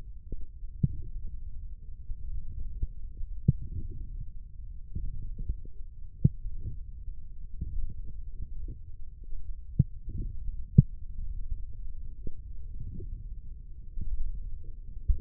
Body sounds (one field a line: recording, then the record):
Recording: forearm muscle sounds (acoustic myography)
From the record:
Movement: forearm pronation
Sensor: system 1, eight BSWA MPA416 microphones around the upper forearm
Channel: 1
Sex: male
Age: 20 years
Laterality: left